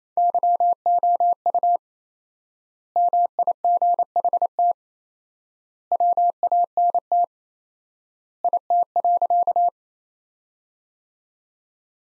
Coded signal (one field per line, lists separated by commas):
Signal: Morse code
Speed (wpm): 28 wpm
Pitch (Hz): 700 Hz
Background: none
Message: YOU MIGHT WANT IT.